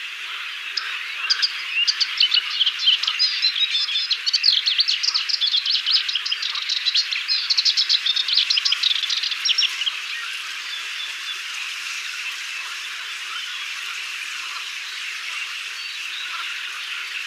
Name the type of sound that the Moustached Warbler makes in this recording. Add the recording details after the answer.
song. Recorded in the wild. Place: Damtschik/Wolgadelta, RU. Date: 1995-05-13. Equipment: Dat-Recorder Casio DA 7, Telinga DAT, Telinga-Parabolspiegel. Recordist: Schwarz, Dieter. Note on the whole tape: Song